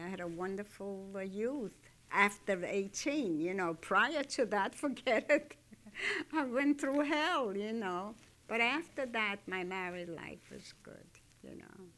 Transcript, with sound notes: I had a wonderful youth, after eighteen. You know, prior to that, forget it. ( she laughs ) I went through hell, you know. But after that, my married life was good, you know.